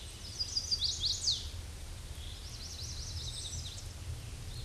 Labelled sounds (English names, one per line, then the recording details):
Chestnut-sided Warbler song
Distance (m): 20 m
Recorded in a Pennsylvania forest on 18 May 2023 at 07:47
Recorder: AudioMoth, point grid1_19_low
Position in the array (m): 119 m, 208 m